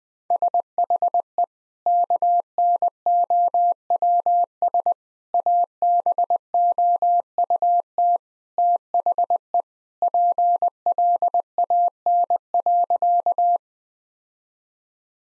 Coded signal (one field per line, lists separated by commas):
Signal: Morse code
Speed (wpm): 19 wpm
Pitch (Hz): 700 Hz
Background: none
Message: SHE KNOWS ABOUT THE PLAN.